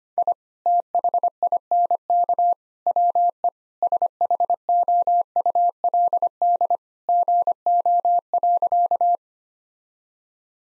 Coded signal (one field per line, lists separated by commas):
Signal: Morse code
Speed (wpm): 25 wpm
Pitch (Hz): 700 Hz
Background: none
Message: I THINK WE SHOULD GO.